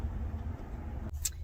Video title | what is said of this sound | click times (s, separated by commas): Mopar Gladiator All Weather Floor Mats | and then this pops right in | 1.3 s